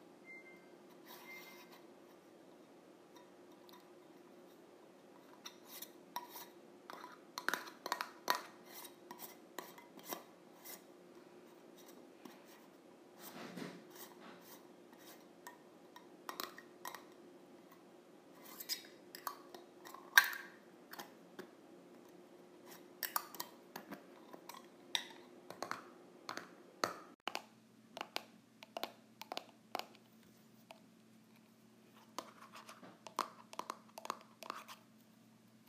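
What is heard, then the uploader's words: A tin container lid clatters and taps in irregular bursts of sharp metallic clicks over a steady low hum, which drops in pitch around 27 seconds. ASMR Lid of a Tin Container.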